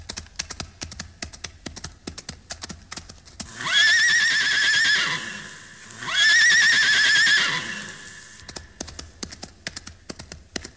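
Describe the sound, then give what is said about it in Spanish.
Rapid, dense clip-clopping of hooves gives way to two long, high whinnies from a horse, one after the other, before the quick hoofbeats return. No one speaks. “Este es el corrido del caballo blanco que en un día domingo feliz arrancará.”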